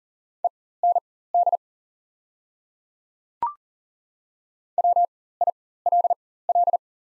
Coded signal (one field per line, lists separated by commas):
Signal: Morse code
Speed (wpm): 40 wpm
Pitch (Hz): 700 Hz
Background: none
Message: END WILL